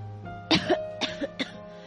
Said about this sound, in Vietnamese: Tôi ho sặc sụa, thiếu chút nữa là tắt thở.